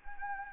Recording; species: mosquito wingbeat signal from an infrared sensor; Anopheles arabiensis